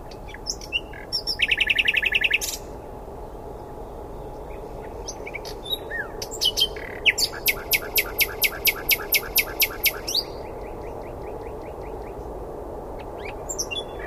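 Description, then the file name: Common nightingale song opening with scattered clicks, then a dense buzzy burst, followed by a long run of rapidly repeated loud notes and softer trailing phrases. "Luscinia megarhynchos"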